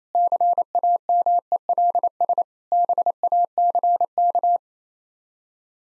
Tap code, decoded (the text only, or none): none